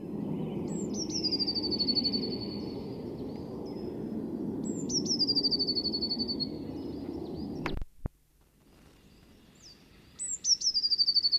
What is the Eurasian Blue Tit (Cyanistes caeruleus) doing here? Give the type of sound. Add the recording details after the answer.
song. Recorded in the wild. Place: Kaiserslautern, Rheinland-Pfalz, DE. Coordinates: 49.4403, 7.749. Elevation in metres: 261. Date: 1977-02-23. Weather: warm, sunny. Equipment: Nagra IV, Sennheiser MKH 405, Parabolreflektor. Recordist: Tretzel, Erwin